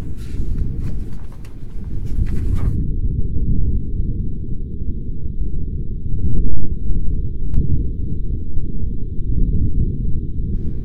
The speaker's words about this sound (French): Grâce au sismomètre et grâce aux enregistrements d'infrasons par microbarométrie, nous avons des enregistrements de l'atmosphère martienne, le son du vent de Mars. Tendez l'oreille, c'est assez discret.